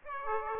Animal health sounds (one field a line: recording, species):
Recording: mosquito wingbeat signal from an infrared sensor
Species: Aedes aegypti